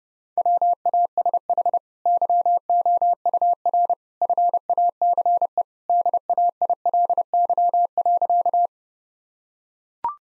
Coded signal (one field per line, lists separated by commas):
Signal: Morse code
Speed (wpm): 30 wpm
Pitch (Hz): 700 Hz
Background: none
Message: WASH YOUR FACE DAILY.